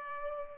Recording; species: mosquito wingbeat signal from an infrared sensor; Culex pipiens